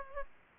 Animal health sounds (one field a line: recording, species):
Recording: mosquito wingbeat signal from an infrared sensor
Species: Aedes aegypti